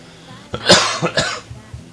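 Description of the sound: A quick run of about three dry, harsh coughs from an adult man in a small, quiet room; the coughing comes on once he starts talking.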